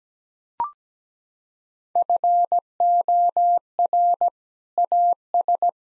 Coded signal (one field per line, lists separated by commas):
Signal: Morse code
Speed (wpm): 17 wpm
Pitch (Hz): 700 Hz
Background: none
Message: FOR AS